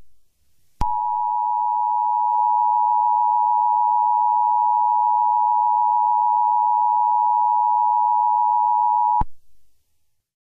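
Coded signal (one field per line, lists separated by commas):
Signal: Emergency Alert System (SAME) tones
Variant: 853 and 960 Hz attention tone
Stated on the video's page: Fictional EAS scenario, not a real alert.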